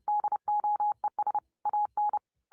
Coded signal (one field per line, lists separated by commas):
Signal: Morse code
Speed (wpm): 30 wpm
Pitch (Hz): 840 Hz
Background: none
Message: DOES AN